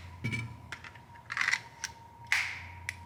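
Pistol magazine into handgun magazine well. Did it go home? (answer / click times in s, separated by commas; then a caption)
yes / 2.3 s. A Shield Arms S15 Gen 3 magazine for a slimline Glock pistol is inserted into the pistol's magazine well, with light handling clacks and two sharp taps around 1.4 s and 1.5 s over a faint steady tone. The magazine seats with a loud, crisp click at 2.3 s, a more audible click with a more pronounced feel as it clicks into place, followed by a smaller tap at 2.9 s.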